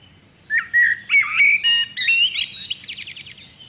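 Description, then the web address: Common blackbird song: mellow fluted whistles rising through several notes, ending in a rapid, high, squeaky twitter. "chant xeno-canto merle noir"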